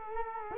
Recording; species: mosquito wingbeat signal from an infrared sensor; Culex quinquefasciatus